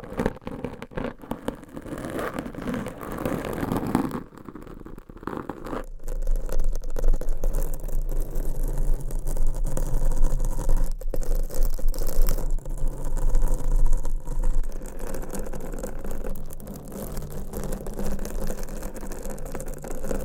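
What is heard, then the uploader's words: Close, dense scratching and rubbing on a microphone, with a scraping, rattly texture that shifts as the strokes change. The sound is mostly low and muffled, with brief crisp bursts near the start and a short pause around four to five seconds. ASMR Mic Scratching - Brain Scratching with 7 Mics Asmr No Talking for Sleep with Long Nails.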